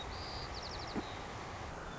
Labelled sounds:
White-crowned Sparrow (Zonotrichia leucophrys)
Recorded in Sonoma County, California

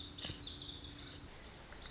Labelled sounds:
Lazuli Bunting (Passerina amoena)
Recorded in Sonoma County, California

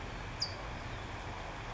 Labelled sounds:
California Towhee (Melozone crissalis)
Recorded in Sonoma County, California

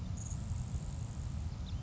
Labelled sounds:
Grasshopper Sparrow (Ammodramus savannarum)
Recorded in Sonoma County, California

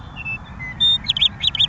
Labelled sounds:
Western Meadowlark (Sturnella neglecta)
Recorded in Sonoma County, California

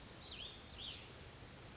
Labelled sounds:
Cassin's Vireo (Vireo cassinii)
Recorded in Sonoma County, California

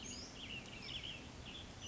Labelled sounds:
Western Tanager (Piranga ludoviciana)
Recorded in Sonoma County, California

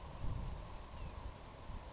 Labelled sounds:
Savannah Sparrow (Passerculus sandwichensis)
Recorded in Sonoma County, California

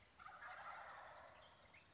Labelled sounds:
Wild Turkey (Meleagris gallopavo)
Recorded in Sonoma County, California

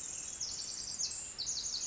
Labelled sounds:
Pacific Wren (Troglodytes pacificus)
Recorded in Sonoma County, California

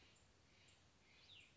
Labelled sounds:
Cassin's Vireo (Vireo cassinii)
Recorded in Sonoma County, California

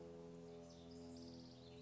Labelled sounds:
House Wren (Troglodytes aedon)
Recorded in Sonoma County, California

